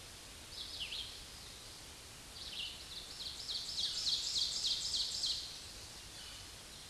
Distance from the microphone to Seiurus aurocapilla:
about 25 m